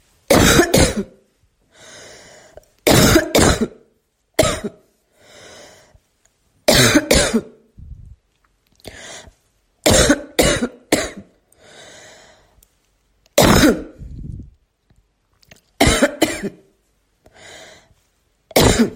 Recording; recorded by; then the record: voluntary cough; messaging app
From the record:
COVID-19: negative